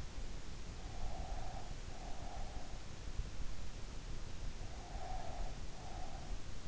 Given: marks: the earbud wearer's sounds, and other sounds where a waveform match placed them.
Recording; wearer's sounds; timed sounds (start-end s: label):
sounds in sleep by an in-ear microphone; breath
0.67-2.91 s: breath
4.64-6.65 s: breath